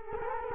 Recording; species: mosquito wingbeat signal from an infrared sensor; Culex quinquefasciatus